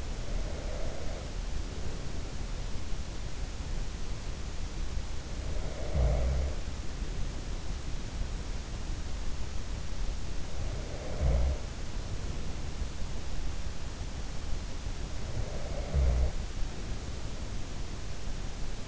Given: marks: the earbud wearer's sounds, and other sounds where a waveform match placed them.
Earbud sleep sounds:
sounds in sleep by an in-ear microphone; breath, snoring breath
0.00-2.59 s: breath
5.26-7.46 s: snoring breath
9.99-12.98 s: snoring breath
14.48-17.40 s: snoring breath

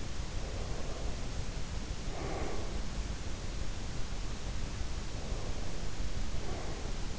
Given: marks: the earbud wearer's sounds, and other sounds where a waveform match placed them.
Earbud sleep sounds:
sounds in sleep by an in-ear microphone; breath
0.30-2.92 s: breath
4.96-7.19 s: breath

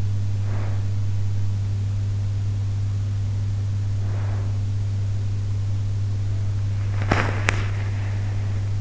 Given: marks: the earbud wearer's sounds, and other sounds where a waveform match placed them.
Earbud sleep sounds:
sounds in sleep by an in-ear microphone; breath, body movement
0.00-1.10 s: breath
3.60-4.82 s: breath
6.56-8.77 s: body movement

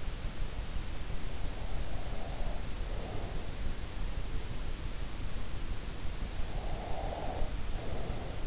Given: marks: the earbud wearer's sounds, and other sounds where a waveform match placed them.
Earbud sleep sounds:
sounds in sleep by an in-ear microphone; breath
1.97-3.63 s: breath
6.28-8.47 s: breath

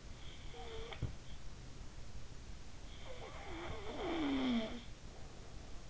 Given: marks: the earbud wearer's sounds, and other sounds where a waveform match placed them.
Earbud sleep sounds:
sounds in sleep by an in-ear microphone; snoring breath
0.22-1.43 s: snoring breath
3.04-5.09 s: snoring breath

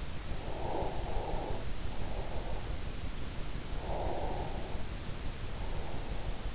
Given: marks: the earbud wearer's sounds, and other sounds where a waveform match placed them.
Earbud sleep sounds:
sounds in sleep by an in-ear microphone; breath
0.31-2.58 s: breath
3.67-6.18 s: breath

